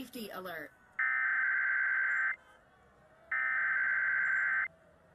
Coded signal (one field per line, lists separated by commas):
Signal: Emergency Alert System (SAME) tones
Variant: header bursts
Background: speech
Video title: TMYKs EAS Scenario Ionized (REUPLOAD)